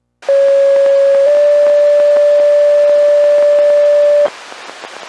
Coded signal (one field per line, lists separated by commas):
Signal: two-tone page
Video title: Carroll County Ohio FD's Pager Testing VHF Low Band 33.94 mHz